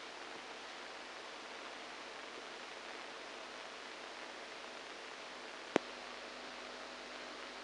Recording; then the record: brain microelectrode recording played as sound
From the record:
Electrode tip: outside the subthalamic nucleus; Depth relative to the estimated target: -6 mm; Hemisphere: right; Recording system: NeuroSet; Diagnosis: Parkinson's disease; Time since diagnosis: 7 years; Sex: male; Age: 69 years